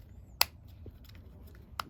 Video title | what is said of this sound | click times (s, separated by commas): #lego 9v Train Motor Repair and Maintenance: Thermistor Delete | Oh, that clipped well. | 0.4 s, 1.8 s